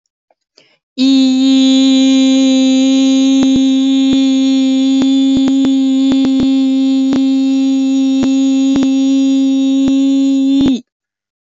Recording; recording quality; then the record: sustained vowel as in beet; excellent, no background noise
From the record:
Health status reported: exposed to COVID-19, no respiratory illness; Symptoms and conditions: none ticked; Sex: female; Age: 22 years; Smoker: not ticked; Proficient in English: yes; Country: India